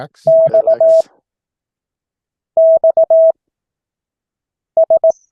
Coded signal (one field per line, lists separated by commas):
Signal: Morse code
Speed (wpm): 18 wpm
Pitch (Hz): 650 Hz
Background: none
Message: X X S